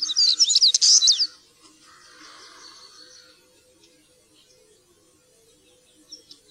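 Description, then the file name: European stonechat song opens with a loud scratchy, tumbling high warble, followed by quieter twittering and sparse faint chips. "svartstrupe"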